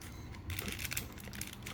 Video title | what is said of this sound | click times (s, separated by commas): Edoggz Reviews: Masterpiece Wheeljack MP-20+: Anime Vs Toy Version Comparison | if it doesn't click back in there we go and you just pull down | 1.0 s